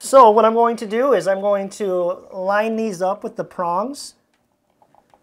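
Someone talks while lining up a plastic wiring jumper plug with the prongs of a hardwired smoke alarm connector, followed by a few faint, brief ticks from 4.3 to 5.2 s. Nothing has seated or clicked yet.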